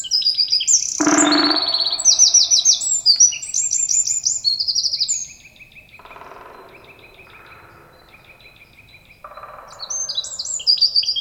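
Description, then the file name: Eurasian wren song: loud, rapid high trills and chattering notes delivered in fast runs, with a brief low noisy burst early on and a softer stretch midway before loud trilling resumes. "Troglodytes troglodytes"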